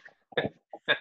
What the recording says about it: Oh, you can hear the snoring? He's sleeping right there on my lap. Oh my God, I can hear the snoring.